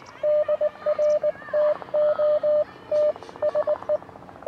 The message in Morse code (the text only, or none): DR TOTSE